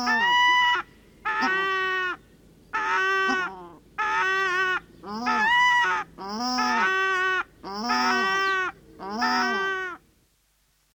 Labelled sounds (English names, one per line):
Paradise Shelduck